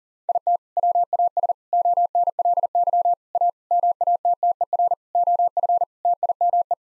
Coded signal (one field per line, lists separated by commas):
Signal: Morse code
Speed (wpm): 37 wpm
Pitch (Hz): 700 Hz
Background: none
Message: IT WAS ONLY A MATTER OF TIME